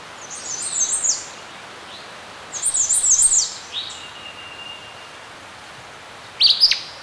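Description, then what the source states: Birds: two quick, jumbled, very high twittering bursts, a thin level whistle, then a sharp loud chirp at the end, over quiet background hiss. Birds chirping in a serene forest.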